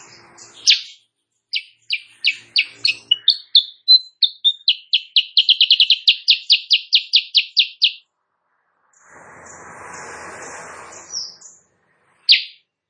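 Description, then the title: Sooty-headed bulbul song: a long run of sharp, rapidly repeated notes that speed up and stretch into a trill, followed by a burst of rushing noise and one last chirp. Recorded in the morning; bird singing energetically (gacor); used as a master recording for training songbirds, meant to provoke other birds to answer. "Masteran Kutilang Sutra. Kutilang Sutra GACOR pagi hari bikin lawannya AUTO NYAUT"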